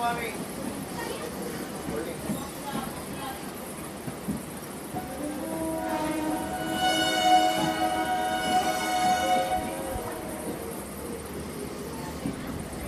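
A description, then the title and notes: Railroad sounds with a steady low rumble and rattle underneath. From about five to ten seconds a sustained tonal squeal rises in, stacked bright pitches like wheels grinding or a horn, then fades. Faint speech-like murmurs appear early in the background. Upbeat Railroad Sounds.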